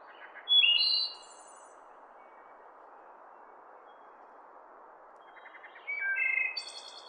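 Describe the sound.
Wood thrush song: fluting phrases with soft opening notes and a high trilled ending, two phrases several seconds apart over steady background hiss.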